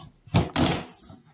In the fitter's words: that one just locked into place